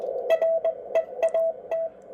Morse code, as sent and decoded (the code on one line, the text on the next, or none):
.-. . .- -
REAT